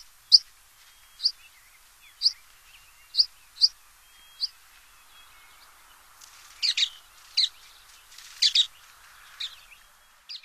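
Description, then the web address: American pipit calling with thin high chips repeated about once a second, followed by clustered squeaky notes. Recorded in North America. "Songs of Birds of North America Stokes. American Pipit"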